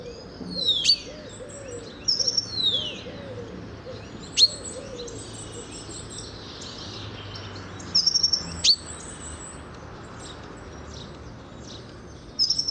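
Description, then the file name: Common chaffinch giving sharp, high, downslurred single notes at irregular intervals, separated by long quiet gaps. "Fringilla coelebs"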